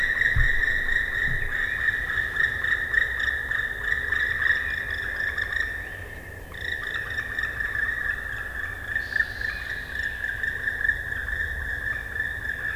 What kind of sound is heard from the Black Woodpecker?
call